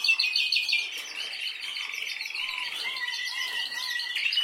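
Canary song: a dense buzzy trill running on, then a series of short whistled notes repeated about twice a second.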